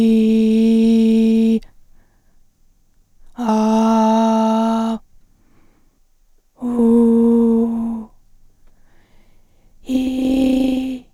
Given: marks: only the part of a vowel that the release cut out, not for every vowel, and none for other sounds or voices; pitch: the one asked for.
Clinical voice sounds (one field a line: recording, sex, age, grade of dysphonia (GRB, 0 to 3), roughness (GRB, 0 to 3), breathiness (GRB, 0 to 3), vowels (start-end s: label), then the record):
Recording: sustained vowels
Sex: female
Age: 50 to 59 years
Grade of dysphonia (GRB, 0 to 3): 2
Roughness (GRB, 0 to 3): 1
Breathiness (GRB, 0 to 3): 2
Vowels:
0.00-1.50 s: vowel /i/, normal pitch
3.56-4.86 s: vowel /a/, normal pitch
6.86-7.55 s: vowel /u/, normal pitch
9.98-10.79 s: vowel /i/, high pitch
From the record:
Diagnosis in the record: recurrent laryngeal nerve paralysis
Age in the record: 55 years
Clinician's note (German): Re, in Intermediärstellung mit sehr wenig strob. Restbeweglichkeit, 2. Aufnahme nach Therapie